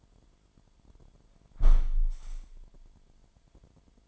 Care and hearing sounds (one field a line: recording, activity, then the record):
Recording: daily activity, microphone in the room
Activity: close window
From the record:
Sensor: 5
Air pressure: 998.7 hPa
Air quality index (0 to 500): 100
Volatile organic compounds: 2 ppm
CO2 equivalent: 1144 ppm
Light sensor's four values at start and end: 32/79/33/37 and 32/79/33/37